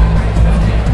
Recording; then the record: background sound without coughing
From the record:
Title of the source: Party Noise 1 Hour Party Ambience